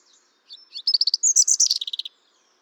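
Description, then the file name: European robin singing a rapid, rising-then-falling run of high clipped notes in a short trill. "Erithacus rubecula"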